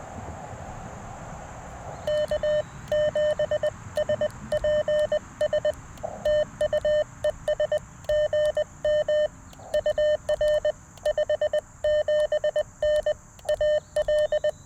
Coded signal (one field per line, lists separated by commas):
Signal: Morse code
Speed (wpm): 21 wpm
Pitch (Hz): 590 Hz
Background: none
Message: K7SPS TUES GM UR 57N AL